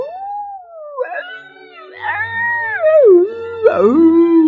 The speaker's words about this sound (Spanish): En la madrugada, la abuela escuchó que alrededor de la casa había muchos coyotes que estaban aullando.